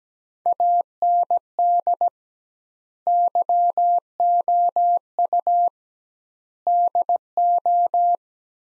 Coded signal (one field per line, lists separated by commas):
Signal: Morse code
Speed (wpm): 17 wpm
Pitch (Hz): 700 Hz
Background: none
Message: AND YOU DO